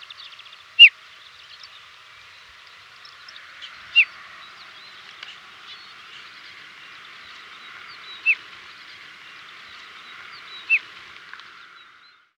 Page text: Desert Lark Call. Quick Sounds